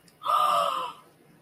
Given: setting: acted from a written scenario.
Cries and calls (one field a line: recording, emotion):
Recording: vocal sound without words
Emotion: awe